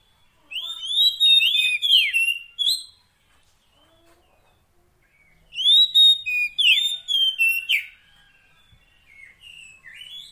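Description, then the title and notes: Oriental magpie-robin song: two clear phrases of slurred whistles with a quiet pause between them. Kacer fill-in (isian) song, played so that a bird becomes a strong singer day and night. "Kacer Jadi Gacor Siang Malam. Isian Kacer"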